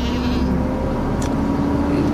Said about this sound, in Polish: To kozy. Kozy meczą. Przewożę kozy.